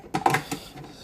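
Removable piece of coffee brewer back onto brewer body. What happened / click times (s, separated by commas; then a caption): The plastic part snapped back into place / 0.3 s. A removable piece of a Keurig 2.0 K450 coffee brewer is pushed back onto the brewer body, giving a quick cluster of sharp plastic clicks between about 0.2 and 0.5 seconds. The piece snaps back on and seats at 0.3 seconds.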